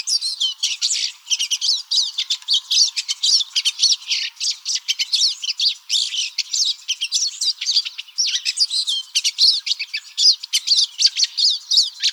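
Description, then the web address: Pine siskin twittering: a continuous, busy run of high, buzzy and wheezy notes, rising and falling rapidly without pause. Recorded 16 May 2006 by Deviche. "Sound Library Finches AZFO PISI deviche 051606"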